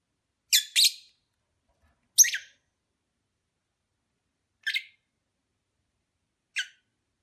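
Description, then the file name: Lovebird chirps, a paired squeaky call followed by three more high calls, spaced roughly two seconds apart. Mating ritual sounds of lovebirds. "lovebird omkicau"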